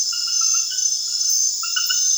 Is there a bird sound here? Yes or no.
no